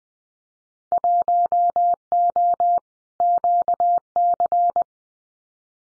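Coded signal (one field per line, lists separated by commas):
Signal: Morse code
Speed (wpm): 20 wpm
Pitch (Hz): 700 Hz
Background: none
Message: 1O QC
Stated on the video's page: Simulated Winter Field Day exchanges in Morse at 20 wpm for head-copy practice, each sent, spoken, then sent again.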